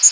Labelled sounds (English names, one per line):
Chestnut-sided Warbler flight call